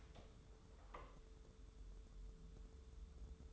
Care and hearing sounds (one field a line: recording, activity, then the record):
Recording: daily activity, microphone in the room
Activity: open door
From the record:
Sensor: 3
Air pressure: 1015.1 hPa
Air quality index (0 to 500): 110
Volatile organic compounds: 4 ppm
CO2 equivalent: 1537 ppm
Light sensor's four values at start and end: 15/39/16/17 and 15/39/16/17